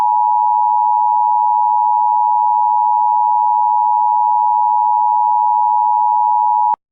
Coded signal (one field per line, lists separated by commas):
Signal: Emergency Alert System (SAME) tones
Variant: 853 and 960 Hz attention tone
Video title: EAS Child Abduction Emergency for Charlotte, NC. (Audio Credit to Piggy Porkchop)